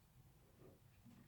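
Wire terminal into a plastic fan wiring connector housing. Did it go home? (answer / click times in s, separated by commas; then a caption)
no / none. A crimped terminal on a 14 gauge fan wire is handled at a plastic fan wiring connector housing, being worked through it and pulled back toward its locked position. Only faint, low rustling handling noise is heard, with no sharp click. Nothing has seated or clicked yet.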